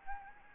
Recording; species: mosquito wingbeat signal from an infrared sensor; Anopheles arabiensis